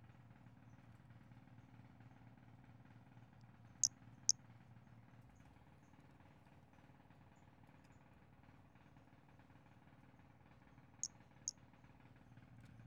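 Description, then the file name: Pumpkin toadlet calls: two doubled bursts of tiny high-pitched chirps, each pair half a second apart and the pairs about seven seconds apart, over a low hum. Recorded on 5 February 2016. "Brachycephalus albolineatus 160205"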